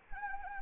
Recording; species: mosquito wingbeat signal from an infrared sensor; Anopheles arabiensis